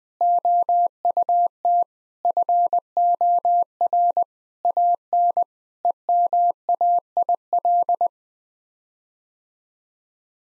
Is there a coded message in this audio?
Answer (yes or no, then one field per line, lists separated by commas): yes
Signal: Morse code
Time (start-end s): 0.2-8.1 s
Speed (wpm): 20 wpm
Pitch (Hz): 700 Hz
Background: none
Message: OUT FOR AN EMAIL